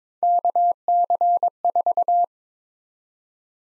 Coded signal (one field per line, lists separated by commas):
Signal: Morse code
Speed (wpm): 22 wpm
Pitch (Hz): 700 Hz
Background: none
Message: KC4